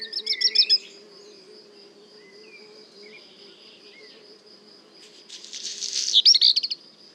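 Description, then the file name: Black redstart song: a quick stuttering rattle, a pause of several seconds, then a harsh crackling, buzzy flourish, over a steady high insect trill and faint whistles. At le Puech, singing alongside a common blackbird. "chant de rougequeue noir merle noir le Puech"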